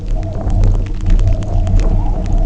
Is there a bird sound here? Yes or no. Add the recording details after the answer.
no. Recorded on Arctic tundra, site UTQI-0, on 27 June 2018. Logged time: 20:00